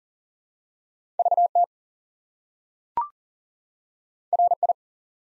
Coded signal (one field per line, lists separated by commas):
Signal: Morse code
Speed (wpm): 39 wpm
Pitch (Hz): 700 Hz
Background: none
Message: VT RI